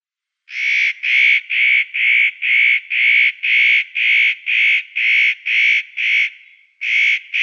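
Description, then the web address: Eurasian nutcracker uttering a long, steady series of harsh rasping notes, roughly two per second, with one brief pause near the end. "Schulze Peter Eurasian Nutcracker calls"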